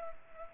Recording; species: mosquito wingbeat signal from an infrared sensor; Culex pipiens